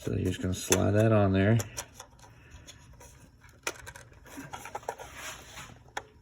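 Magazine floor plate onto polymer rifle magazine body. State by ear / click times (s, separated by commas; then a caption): seated / 3.7 s, 6.0 s. Someone talks as a polymer magazine floor plate is slid onto the rails of a polymer Mission First Tactical 30-round rifle magazine body and pushed with some force, followed by soft scraping and rubbing. Sharp snaps at 3.7 s and 6.0 s mark the retaining tabs popping into place, and the floor plate is seated.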